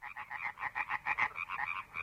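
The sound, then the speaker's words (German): Frogs croak in riverside meadows by a river on a calm, quiet evening, a steady, rapid chorus of rasping pulses, about ten per second, with a bright nasal tone. No voices or other sounds intrude. “Von den Uferwiesen am Fluss klang das Quarren der Frösche herauf.”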